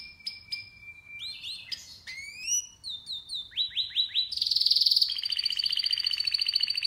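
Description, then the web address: Canary song rolling through sliding whistles and repeated swooping notes, then into a long, loud, buzzy trill that runs on to the end. "Golchin Best Canari Seda Canari. Niyaz Music)"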